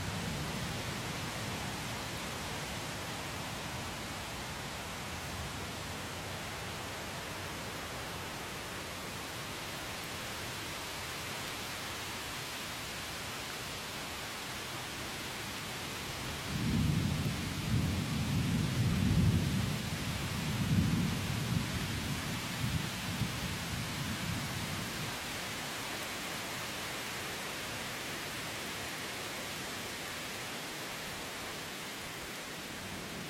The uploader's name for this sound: Forest thunderstorm